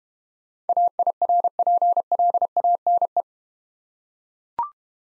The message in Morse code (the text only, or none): AIRPLANE